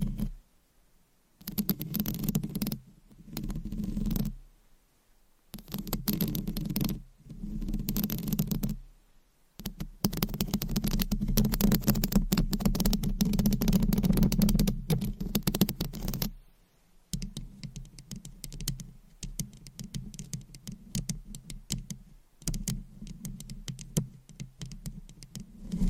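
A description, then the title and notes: Close scratching and tapping come in bursts separated by short silences, with a long steady stretch midway and softer crackly brushing toward the end. ASMR 20 Up Close Triggers in 20 Minutes Scratching , Tapping , Brushing , Massage etc No Talking.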